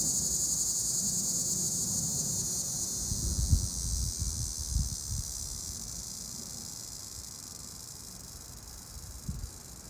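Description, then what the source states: Cicada buzzing in a steady, high, hissing drone that holds throughout, with low gusts of wind and soft rumbling thumps underneath. Recorded in summer.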